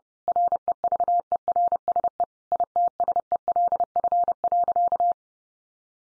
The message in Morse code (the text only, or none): REVERSE ITSELF.